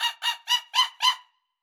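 Monkey calls, five harsh nasal barks in quick succession about every quarter second, then silence.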